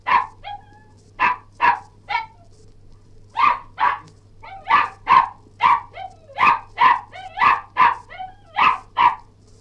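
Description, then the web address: Cairn terrier barking in clusters separated by short pauses, several barks trailing into thin whining yelps, over a constant low hum. Barking and yelping. "BBC Cairn T"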